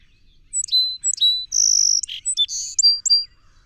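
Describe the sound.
Song sparrow song: two introductory notes dropping in pitch, a long buzzy note, a lower burry note, then a few quick high clipped notes.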